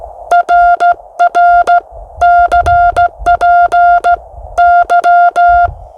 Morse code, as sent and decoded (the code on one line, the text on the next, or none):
.-. .-. / -.-. .--. / -.--
RR CP Y